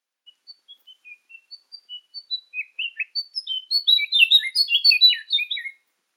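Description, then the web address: Lesser shortwing high thin notes, starting as sparse spaced whistles, then accelerating into a rapid, jumbled, louder twittering warble before stopping abruptly. Indonesia. "ULM-DS-Lab indonesian-bird-sounds. Brachypteryx leucophris"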